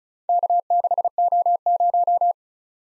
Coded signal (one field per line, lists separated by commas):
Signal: Morse code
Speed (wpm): 36 wpm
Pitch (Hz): 700 Hz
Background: none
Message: K6O0